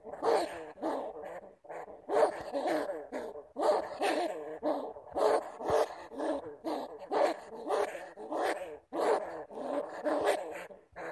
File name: Tieng dui keu